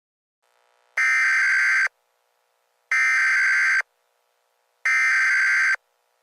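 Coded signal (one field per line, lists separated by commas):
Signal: Emergency Alert System (SAME) tones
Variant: header bursts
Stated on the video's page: Valid EAS tones in a fictional analog horror scenario.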